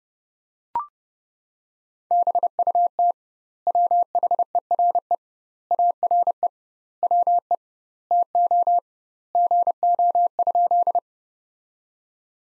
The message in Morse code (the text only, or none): BUT WHERE ARE WE TO GO?